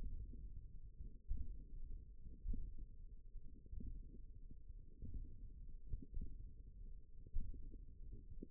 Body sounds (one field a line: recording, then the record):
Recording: forearm muscle sounds (acoustic myography)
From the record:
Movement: hand opening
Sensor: system 1, eight BSWA MPA416 microphones around the upper forearm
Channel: 2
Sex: female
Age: 20 years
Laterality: right